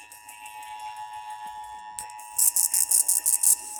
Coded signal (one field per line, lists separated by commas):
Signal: Emergency Alert System (SAME) tones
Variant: 853 and 960 Hz attention tone